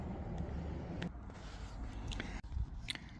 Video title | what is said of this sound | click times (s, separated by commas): VW T6 Wing Mirror Damaged? Replace the Cap Like This (Easy Fix) | Okay. Okay. So, once you're happy that that's snapped in all the way around there, fits. | 1.0 s, 2.1 s, 2.9 s